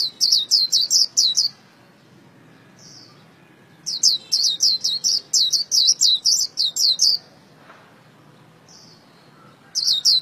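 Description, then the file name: White-eye song: three quick trains of shrill, descending chirps separated by pauses and occasional single softer notes. Vietnamese song style called khuyên líu. "tieng khuyen liu"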